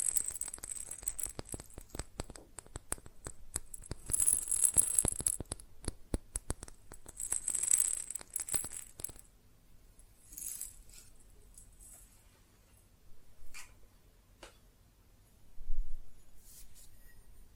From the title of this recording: Fast Tapping on GlassCeramic Objects